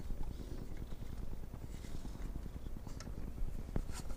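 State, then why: Not seated. A plastic part of a Tamiya 1/24 Ford Mustang GT4 model car kit is handled and pressed toward its spot in the model car chassis. Low, steady rustling handling noise is heard, with soft scattered taps and a brief sharp tick near 3.8 seconds. The part has not seated or clicked into place yet.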